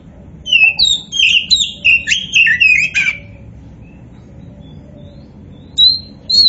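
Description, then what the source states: Oriental magpie-robin pouring out a fast string of varied whistled notes for about three seconds, then quiet broken by two brief high whistles. Kacer poci variety, described as gacor, meaning singing prolifically.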